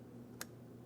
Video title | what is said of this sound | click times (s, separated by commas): How to Replace High Beam Bulbs 2015-2025 Ford Transit | After that audible click, a light tug, we need to make sure that's secured. | 0.4 s